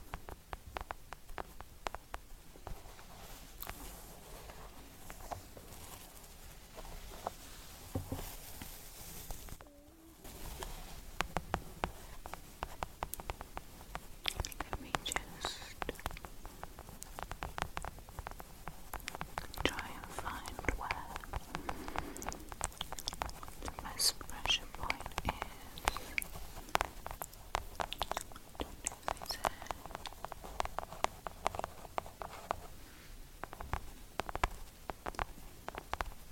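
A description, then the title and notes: Gentle forehead tapping and hair brushing. Soft, quick taps and rustling strokes come in a dense, uneven patter throughout, with a brief near-silent pause around ten seconds before the activity resumes slightly busier and crisper. Gentle Forehead Tapping & Hairplay with Long Nails.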